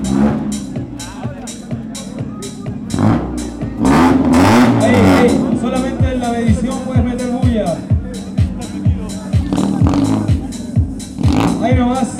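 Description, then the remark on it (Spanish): A Mazda Artis car engine revs repeatedly through a loud, rumbling exhaust in a steady run of sharp bursts during a loud-exhaust measurement contest in Valparaíso, while a crowd and voices chatter underneath throughout. “El vehículo de Fusion Car, Casablanca, se hace presente en lo que es la medición de escape ruidoso.”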